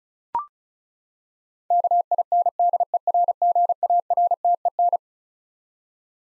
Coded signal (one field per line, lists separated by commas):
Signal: Morse code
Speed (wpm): 36 wpm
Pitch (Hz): 700 Hz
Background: none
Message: KINDERGARTEN